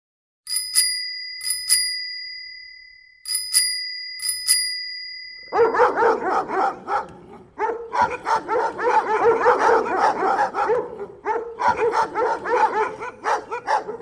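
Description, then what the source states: Domestic dog barking: a ringing tone sounds several times, then dogs break into rapid, overlapping barks and yips that go on, with short pauses, to the end. Several dogs; recording associated with a bicycle.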